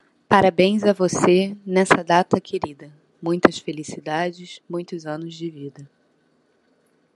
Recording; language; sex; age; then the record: short text; Brazilian Portuguese; female; 30 to 39 years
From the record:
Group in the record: control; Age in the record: 32 years